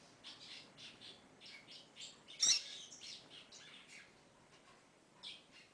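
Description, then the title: Double-collared seedeater giving a quiet series of high chirps, broken by one louder, sharper note midway. "Canto Coleiro"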